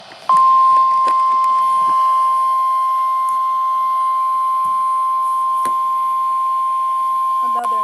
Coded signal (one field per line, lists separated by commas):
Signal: Emergency Alert System (SAME) tones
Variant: 1050 Hz attention tone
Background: speech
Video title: Severe Thunderstorm Watch #3 (EAS #14) (6/11/2023)